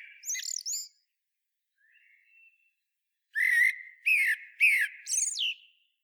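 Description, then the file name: Eurasian blackbird uttering a squeaky note, a faint thin sound, then four loud chattering, scratchy notes in quick series. "Turdus merula"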